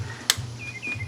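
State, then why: Torque reached. A torque wrench set to 13 foot-pounds tightens a spark plug into the aluminum cylinder head of a 1998–2002 Toyota Corolla. The wrench gives one loud, sharp click at 0.3 s, then a quieter background with faint high tones follows. The click confirms the plug has reached the set torque.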